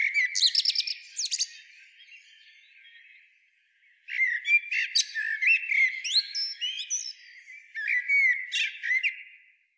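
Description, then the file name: Eurasian blackbird twittering in bursts of high squeaky notes and chatter, with a quieter pause in the middle before the twittering resumes. "Turdus merula"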